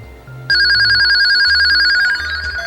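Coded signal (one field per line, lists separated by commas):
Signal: pager alert tone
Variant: Midland call alert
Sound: fast trilling high-pitched ringing tone lasting about two seconds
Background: low background hum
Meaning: Signals an incoming call to the walkie-talkie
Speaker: I call David's walkie-talkie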